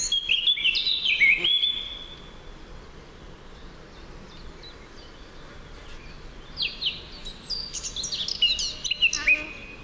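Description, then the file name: Eurasian blackcap song: one bright, tumbling warbled phrase, then a quiet gap before varied high chirps and slurred notes near the end. "Sylvia atricapilla"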